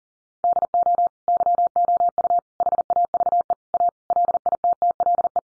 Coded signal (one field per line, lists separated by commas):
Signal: Morse code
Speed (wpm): 40 wpm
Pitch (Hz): 700 Hz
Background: none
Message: DO YOU HAVE A LITTLE